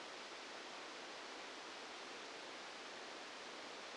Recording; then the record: brain microelectrode recording played as sound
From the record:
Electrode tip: outside the subthalamic nucleus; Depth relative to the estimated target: -8 mm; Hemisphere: left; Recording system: NeuroSet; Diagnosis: Parkinson's disease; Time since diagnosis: 9 years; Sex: male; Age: 61 years